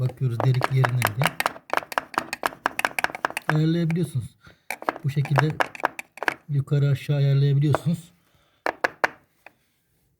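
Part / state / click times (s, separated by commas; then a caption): door fitting or seal into the door frame / seated / 8.7 s, 8.9 s, 9.1 s. A door fitting or seal is pressed or tapped into the door frame after an adjustment while someone talks. Three loud, sharp clicks ring out at 8.7, 8.9 and 9.1 seconds, and the fitting is seated fully in place.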